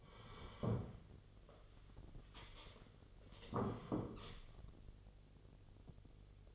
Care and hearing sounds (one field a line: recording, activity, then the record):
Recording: daily activity, microphone in the room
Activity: sit down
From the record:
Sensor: 4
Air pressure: 1016.1 hPa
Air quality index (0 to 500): 186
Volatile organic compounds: 8 ppm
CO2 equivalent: 2117 ppm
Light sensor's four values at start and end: 9/20/8/7 and 9/20/8/7